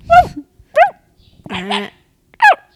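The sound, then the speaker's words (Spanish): Dogs bark in a series of four sharp, high-pitched yaps spaced over a few seconds, one of them drawn out into a longer, whining cry. “¿No oyes qué? Ladrar los perros?”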